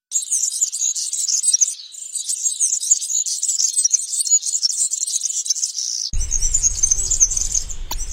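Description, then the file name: European serin song: a very high, rapid, jingling and buzzy twitter running almost continuously, with a low rumbling noise joining in the final two seconds. "canto do milheirinha europeia"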